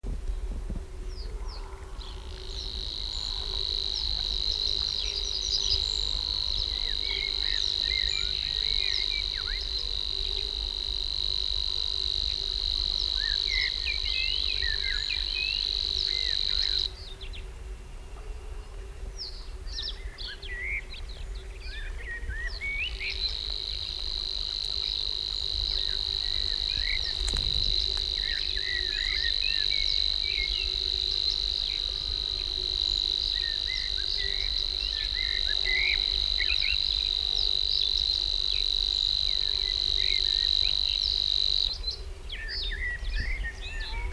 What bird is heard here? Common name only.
Savi's Warbler